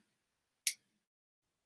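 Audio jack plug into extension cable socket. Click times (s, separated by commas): 0.7 s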